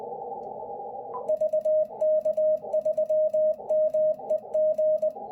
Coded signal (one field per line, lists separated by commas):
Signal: Morse code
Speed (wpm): 20 wpm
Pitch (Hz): 620 Hz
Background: radio noise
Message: VK3MEG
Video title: How to work spit operation in cw with the ic-705 working VK5KI dxpedition using the memory keyer .